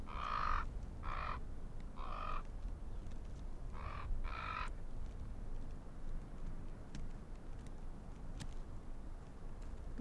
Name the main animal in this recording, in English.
Arctic Fox